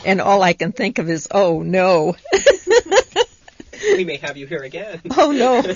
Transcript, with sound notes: And all I can think of is, "Oh, no." ( she laughs )
We may have you here again!
Oh, no.